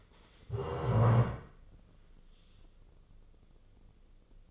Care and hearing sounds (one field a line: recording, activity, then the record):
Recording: daily activity, microphone in the room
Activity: stand up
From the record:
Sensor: 4